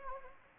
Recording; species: mosquito wingbeat signal from an infrared sensor; Anopheles arabiensis